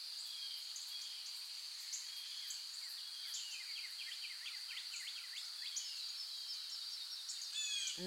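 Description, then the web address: Overlapping bird calls, fast high chirps and slurred notes scattered throughout, above a steady shrill background drone, ending with a sharp click. Forest, morning. "sound-effects-bible Forest Morning Birds"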